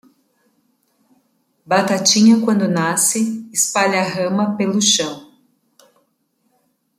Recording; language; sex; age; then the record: short text; Brazilian Portuguese; female; 30 to 39 years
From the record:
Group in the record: control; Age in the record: 36 years